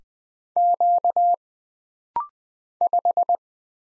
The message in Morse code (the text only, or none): Q 5